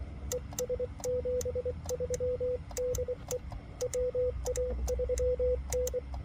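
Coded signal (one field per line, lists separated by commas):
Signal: Morse code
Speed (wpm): 23 wpm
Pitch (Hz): 500 Hz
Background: radio noise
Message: ES 73 DE WA3N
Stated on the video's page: CW during a marathon park activation, Xiegu G90 with Putikeeg key and 17-foot steel whip on a truck-bed stud mount.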